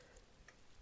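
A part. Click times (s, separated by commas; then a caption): 0.5 s. A GoPro-style camera mount is pushed, upside down, onto a locking quick-release adapter on a metal extension arm. There is a faint tick at 0.2 s, then a sharper click at 0.5 s as the mount seats in the adapter.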